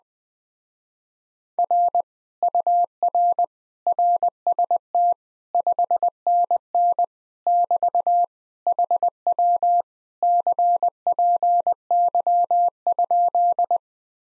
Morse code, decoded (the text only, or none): R UR RST 5NN <BT> HW CPY?